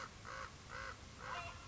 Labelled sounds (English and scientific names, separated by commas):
American Crow (Corvus brachyrhynchos)